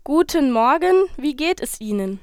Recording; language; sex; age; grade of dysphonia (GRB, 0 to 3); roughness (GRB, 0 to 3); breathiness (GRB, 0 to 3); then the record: spoken sentence; German; female; 18 to 19 years; 0; 0; 0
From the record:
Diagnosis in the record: healthy voice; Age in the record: 19 years